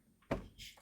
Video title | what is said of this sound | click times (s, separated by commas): How To Install A Car Seat With Boiling Springs (SC) Fire Chief Scott Miller | and it just clips into that hook | 0.3 s